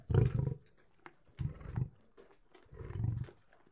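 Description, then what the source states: Lion growling and grunting in low, rough bursts, three heavy pulses over a few seconds with chewing-like crackles between them. Lion eating.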